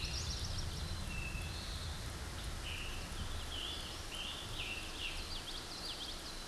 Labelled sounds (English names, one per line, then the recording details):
Scarlet Tanager song
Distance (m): 45 m
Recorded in a Pennsylvania forest on 18 May 2023 at 20:37
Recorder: AudioMoth, point grid1_4_low
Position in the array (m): 97 m, 41 m